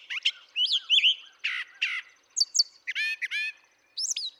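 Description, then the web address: Brown thrasher song: varied phrases, each typically doubled, mixing rich whistles, buzzy notes and harsh chirps, with short pauses between phrases. "birdsongforthecurious Brown Thrasher"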